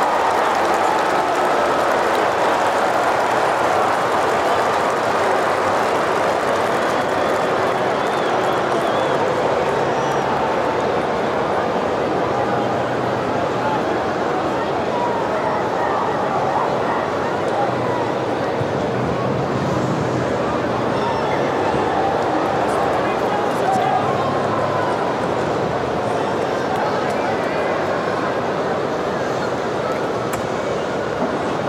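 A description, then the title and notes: A rugby league crowd roars in a dense, constant wash of voices, holding a steady level for the whole stretch with no pauses. The noise sits mostly in the low middle, with faint low hums swelling and fading around the 12, 19 and 24 second marks. Sounds of Rugby League.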